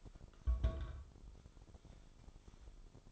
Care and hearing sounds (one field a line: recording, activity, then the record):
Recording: daily activity, microphone in the room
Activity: place on stove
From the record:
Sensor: 5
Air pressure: 988.4 hPa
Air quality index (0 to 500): 204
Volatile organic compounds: 83 ppm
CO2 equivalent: 3634 ppm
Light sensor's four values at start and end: 47/140/55/59 and 47/140/55/60